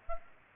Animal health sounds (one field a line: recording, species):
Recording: mosquito wingbeat signal from an infrared sensor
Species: Aedes aegypti